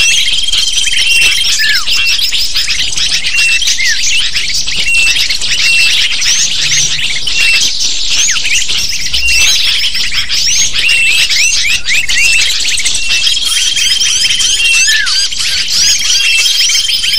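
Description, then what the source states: Many lovebirds squeaking and chattering without break, a dense wall of high, quick chirps and short slurred notes throughout. Lovebird calls used as a lure (pikat) to attract lovebirds.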